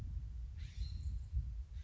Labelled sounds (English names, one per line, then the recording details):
California Scrub-Jay
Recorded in Sonoma County, California